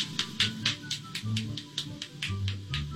This Swedish man is cracking 46 joints in his body. He broke the Guinness World Record by consecutively cracking 46 joints in his body.